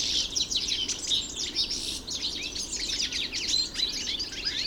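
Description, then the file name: European goldfinch twittering song, busy high chirps and buzzy trills running in quick bursts almost without pause. Recorded in the Hofgarten park, Landshut, Germany, on 3 February 2015. "Stieglitz 03 02 2015 Landshut Hofgarten Susanne Rieck"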